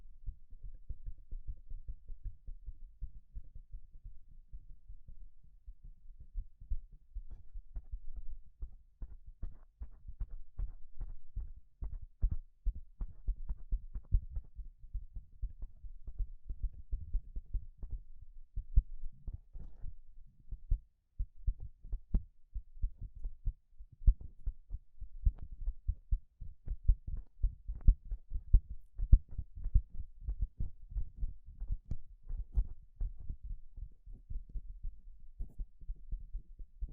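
Gloves being handled, giving a dense run of soft, low thumps and rubbing sounds with no pause for long. Some of the thuds reach a little brighter, especially after the midpoint, where the handling grows busier and more uneven. A brief gap falls around twenty-one seconds.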